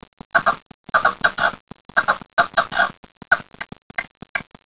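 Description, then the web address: Rock partridge giving several bursts of harsh, rapid clucking notes separated by brief silences. Chick giving the call known as piñoneo. "criaderoreal perdiz griega"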